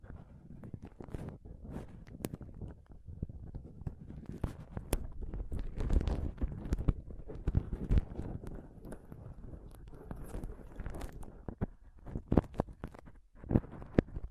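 Close-up mic scratching and touching fills the whole stretch, a dense run of rough, low rubbing with frequent sharp clicks and taps. The scraping swells thickest around the middle, then thins into scattered, louder taps and brief bright crackles toward the end.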